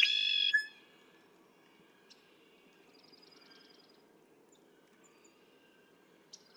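Red-winged blackbird song: a loud buzzy trill right at the start, partly cut off, followed by quiet, faint chips and ticks.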